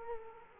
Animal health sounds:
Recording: mosquito wingbeat signal from an infrared sensor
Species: Culex quinquefasciatus

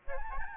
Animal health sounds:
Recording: mosquito wingbeat signal from an infrared sensor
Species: Aedes albopictus

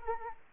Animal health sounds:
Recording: mosquito wingbeat signal from an infrared sensor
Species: Anopheles arabiensis

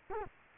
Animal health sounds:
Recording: mosquito wingbeat signal from an infrared sensor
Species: Culex quinquefasciatus

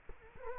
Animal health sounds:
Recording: mosquito wingbeat signal from an infrared sensor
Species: Culex quinquefasciatus

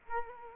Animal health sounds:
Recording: mosquito wingbeat signal from an infrared sensor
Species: Culex quinquefasciatus

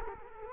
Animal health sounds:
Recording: mosquito wingbeat signal from an infrared sensor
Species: Culex quinquefasciatus

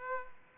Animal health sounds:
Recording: mosquito wingbeat signal from an infrared sensor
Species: Aedes aegypti

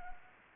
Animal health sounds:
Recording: mosquito wingbeat signal from an infrared sensor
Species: Anopheles arabiensis

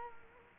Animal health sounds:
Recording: mosquito wingbeat signal from an infrared sensor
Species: Culex quinquefasciatus

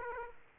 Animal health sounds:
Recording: mosquito wingbeat signal from an infrared sensor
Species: Aedes aegypti

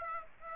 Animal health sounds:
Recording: mosquito wingbeat signal from an infrared sensor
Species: Aedes aegypti

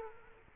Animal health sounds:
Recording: mosquito wingbeat signal from an infrared sensor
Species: Culex quinquefasciatus

